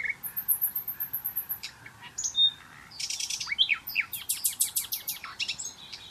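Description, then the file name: Common nightingale song opening with a rapid high repeated trill, then a pause, loud whistled notes, quick downslurred chips and a stuttering burst of repeated notes. "Luscinia megarhynchos"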